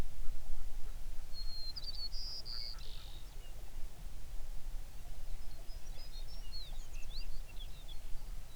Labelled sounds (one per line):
songbird